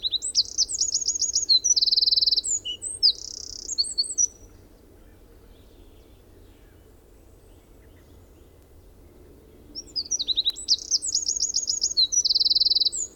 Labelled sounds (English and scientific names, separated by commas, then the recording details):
Eurasian Wren (Troglodytes troglodytes) song
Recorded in the wild
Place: Ralswiek, Mecklenburg-Vorpommern, DE
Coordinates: 54.475, 13.446
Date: 1975-04-12 05:45
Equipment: Nagra III BH, Sennheiser MD 21, parabola
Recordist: Schubert, Michael